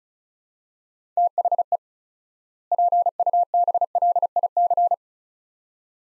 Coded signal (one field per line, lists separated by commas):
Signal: Morse code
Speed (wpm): 36 wpm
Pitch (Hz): 700 Hz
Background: none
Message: THE PUBLIC